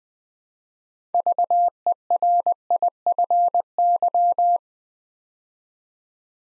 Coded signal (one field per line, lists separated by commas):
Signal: Morse code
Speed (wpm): 20 wpm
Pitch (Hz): 700 Hz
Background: none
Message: VERIFY